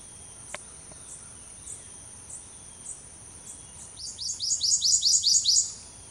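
Warbler singing a fast burst of bright, high, repeated down-slurred notes growing louder near the end, with a regular high-pitched insect pulse throughout.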